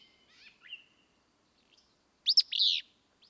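Willow flycatcher song, one abrupt buzzy two-note burst after several thin, soft chirps and whistles from birds.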